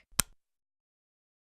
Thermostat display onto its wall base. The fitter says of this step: connect the display hold it so the nest logo is at the top push it on to the base until you hear it click now